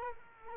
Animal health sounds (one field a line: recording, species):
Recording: mosquito wingbeat signal from an infrared sensor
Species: Culex quinquefasciatus